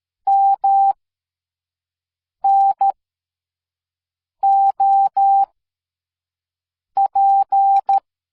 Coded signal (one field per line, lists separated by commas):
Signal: Morse code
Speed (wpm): 13 wpm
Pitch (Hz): 790 Hz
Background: none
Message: M N O P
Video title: See and hear Morse Code